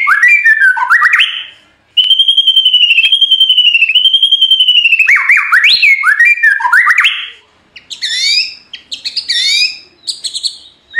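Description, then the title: White-rumped shama: songbird song opening with warbled whistles, then a long steady rolling trill, more varied whistles, and finally scattered buzzy rising notes. Training recording (masteran) of full rolling song (ngerol) in nembak style. "Masteran Murai Batu Full Ngerol Nembak"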